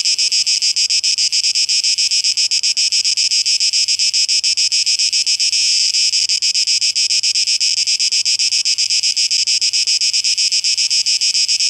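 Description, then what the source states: Cicadas droning in a loud, harsh high buzz, pulsing steadily about three to four times a second throughout. Cicadas recorded 12 August 2023.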